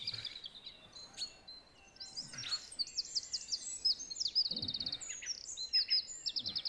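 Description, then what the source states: Song thrush delivering short high phrases, several of them repeated a few times as rhythmic note series. Recorded at 06:00.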